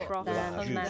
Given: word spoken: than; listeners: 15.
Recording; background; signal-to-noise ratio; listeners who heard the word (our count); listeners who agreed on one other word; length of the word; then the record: one English word in noise, from a listening test; four-talker babble; -2.2 dB; 0 of 15; 6 of 15; 0.50 s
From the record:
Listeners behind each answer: 6, 2, 1, 1, 1, 1, 1, 1, 1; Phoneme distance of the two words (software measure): 37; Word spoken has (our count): 1 syllable, 3 phonemes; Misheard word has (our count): 1 syllable, 4 phonemes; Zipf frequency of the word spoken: 6.02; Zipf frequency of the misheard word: 4.94